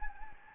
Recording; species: mosquito wingbeat signal from an infrared sensor; Anopheles gambiae